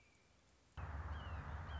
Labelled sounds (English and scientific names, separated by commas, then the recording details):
Red-shouldered Hawk (Buteo lineatus)
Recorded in Sonoma County, California